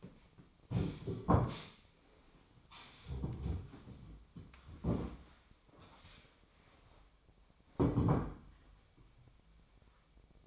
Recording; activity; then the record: daily activity, microphone in the room; stand up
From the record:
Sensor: 1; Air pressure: 1008.1 hPa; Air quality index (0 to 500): 191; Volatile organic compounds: 17 ppm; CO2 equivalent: 2579 ppm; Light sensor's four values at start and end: 13/33/13/15 and 13/33/13/15